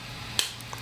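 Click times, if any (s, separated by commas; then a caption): 0.4 s. A plastic leg section is pushed into the body of a Warbotron WB-01C Sly Strike toy robot figure, the matching part on the other side. It gives one sharp, bright snap at 0.4 seconds, followed by a fainter tick at 0.7 seconds over a low steady hum. The part snaps into place and is seated.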